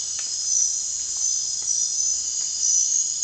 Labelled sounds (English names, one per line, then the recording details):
none
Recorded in dense forest near Puerto Asís, Putumayo, Colombia, on 25 June 2025 at 00:00
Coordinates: 0.468, -76.322
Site GP03